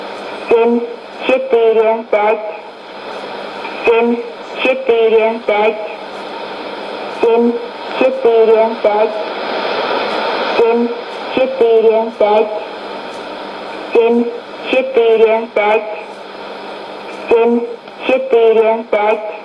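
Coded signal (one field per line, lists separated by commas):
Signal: numbers station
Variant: S06s, Russian language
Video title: 27 06 2018 S06s Russian Lady numbers station in Russian to Eu 0730 on 12110 unknown tx site USB+AM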